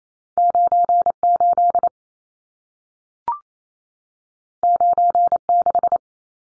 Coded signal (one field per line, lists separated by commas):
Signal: Morse code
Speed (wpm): 28 wpm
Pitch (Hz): 700 Hz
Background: none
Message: 98 96